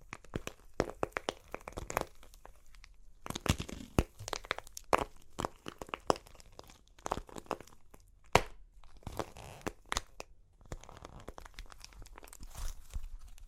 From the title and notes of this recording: Super Crunchy Clay Cracking (No Talking).